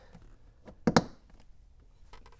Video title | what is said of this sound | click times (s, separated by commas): Fisker Ocean One - LinerX All Weather Floor Mats | you hear it snap into place | 0.9 s, 1.0 s